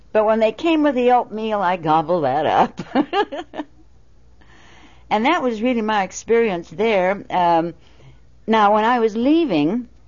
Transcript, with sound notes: But when they came with the oatmeal I gobbled that up. (She laughs.) And that was really my experience there. Now, when I was leaving,